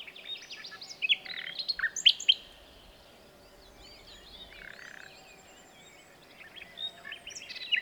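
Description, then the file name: Common nightingale song with scratchy chirps and short warbled notes, a lull in the middle, then more twittering phrases near the end. "Luscinia megarhynchos"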